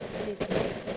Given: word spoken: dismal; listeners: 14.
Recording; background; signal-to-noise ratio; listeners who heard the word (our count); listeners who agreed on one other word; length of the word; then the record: one English word in noise, from a listening test; noise modulated by three-talker babble; -7.8 dB; 1 of 14; 8 of 14; 0.57 s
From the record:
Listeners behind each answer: 8, 2, 2, 1, 1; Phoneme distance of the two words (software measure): 30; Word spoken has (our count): 2 syllables, 6 phonemes, stress on syllable 1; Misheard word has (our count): 2 syllables, 6 phonemes, stress on syllable 1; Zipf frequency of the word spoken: 3.28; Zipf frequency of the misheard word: 5.47